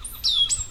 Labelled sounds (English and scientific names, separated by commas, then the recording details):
Stitchbird (Notiomystis cincta) song
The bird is a male
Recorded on Tiritiri Matangi Island, New Zealand, in 2005
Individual 10, of nest box 12